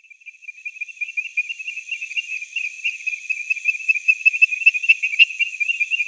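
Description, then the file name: Temple tree frog producing a quick rattle of high chirps that builds in strength, with a sharp click near the end. "Chirixalus idiootocus"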